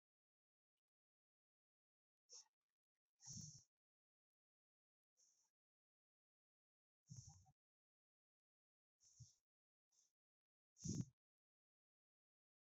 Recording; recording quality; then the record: shallow breathing; excellent, no background noise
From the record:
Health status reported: healthy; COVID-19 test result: not tested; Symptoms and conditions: none ticked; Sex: male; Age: 28 years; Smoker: not ticked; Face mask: not worn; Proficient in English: yes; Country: India